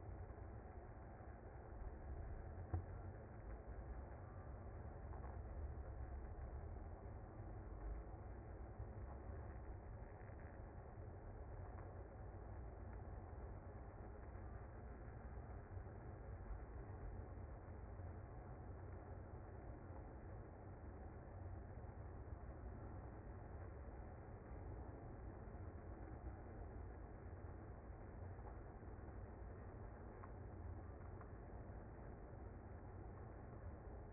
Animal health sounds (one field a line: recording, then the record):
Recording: honeybee colony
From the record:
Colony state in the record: active